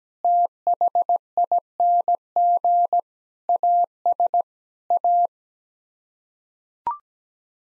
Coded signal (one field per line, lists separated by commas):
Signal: Morse code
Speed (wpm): 17 wpm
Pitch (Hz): 700 Hz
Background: none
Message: THING AS A